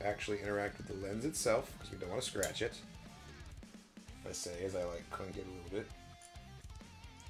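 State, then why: Not seated. The clear plastic projector lens of a model R2-D2 droid head is handled over its plastic housing, ready to be pressed in until it snaps in place. Someone talks over guitar music, with a few faint handling knocks. Nothing has seated or clicked yet.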